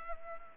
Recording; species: mosquito wingbeat signal from an infrared sensor; Culex pipiens